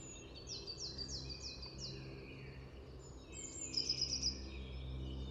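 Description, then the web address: Eurasian blue tit calls: several thin descending chirps in quick succession, then a brief cluster of sharp high ticks, with low background noise throughout. "cianscape. Deverinetal"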